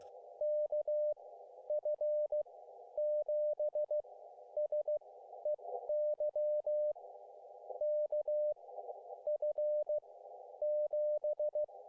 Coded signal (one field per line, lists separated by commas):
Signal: Morse code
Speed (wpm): 14 wpm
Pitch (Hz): 590 Hz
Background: none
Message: KF7SEY KF7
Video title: Oregon Wilderness Backpacking: SOTA Exploration Journey